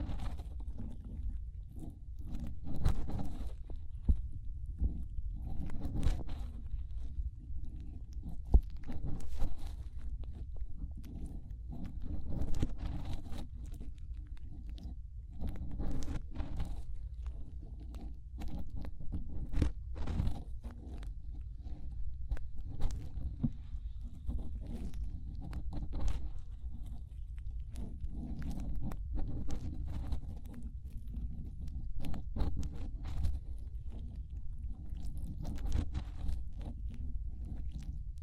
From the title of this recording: Inner Ear Cleaning Using Fingers